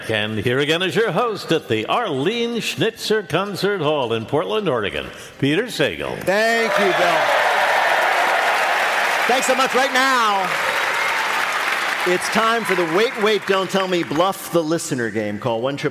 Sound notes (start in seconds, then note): 6.6 applause; 10.6 applause